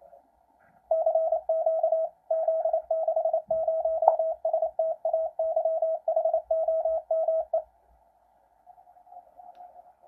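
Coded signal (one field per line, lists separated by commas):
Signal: Morse code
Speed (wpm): 28 wpm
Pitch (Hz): 650 Hz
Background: radio noise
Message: CQ Z60STAYHOME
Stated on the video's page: Morse from a QCX transceiver kit from QRP-labs.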